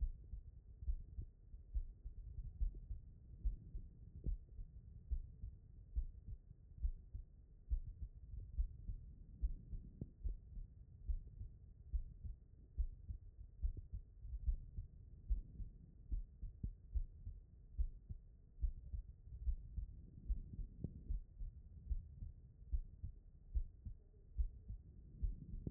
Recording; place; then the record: heart sounds by stethoscope; pulmonary valve (PV)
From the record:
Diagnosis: non-HFrEF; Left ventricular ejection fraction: 69%